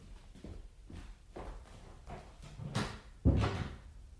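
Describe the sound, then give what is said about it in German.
A series of soft, evenly spaced footsteps leads up to the door to the next room swinging shut with a loud, low thud, followed by a brief rattle as it settles. “Und nun gehen Sie mal nach nebenan. Die Tür machen wir zu.”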